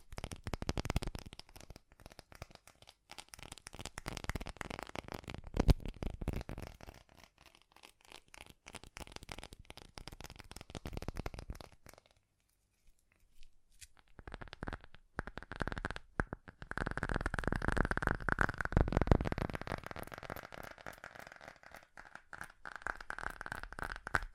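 Fast tapping runs in dense bursts of quick, crackly clicks that swell and fade every few seconds. A near-silent gap falls around 13 seconds, then a louder stretch from about 17 to 21 seconds carries a steady mid-pitched hum beneath the taps.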